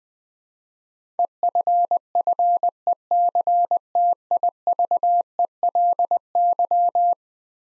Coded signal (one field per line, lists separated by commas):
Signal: Morse code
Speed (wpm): 20 wpm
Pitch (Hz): 700 Hz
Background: none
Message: EFFECTIVELY